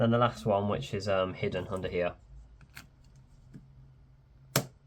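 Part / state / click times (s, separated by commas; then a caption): hidden screw going into the threaded insert of a laptop palmrest / seated / 4.6 s. On a Dell Inspiron 5593 palmrest replacement, someone talks for about two seconds, then the last screw, hidden under a part, is turned backwards against the threaded insert of the laptop palmrest with only faint ticks. A single sharp click at 4.6 s marks the screw dropping into the start of its thread, and it is seated.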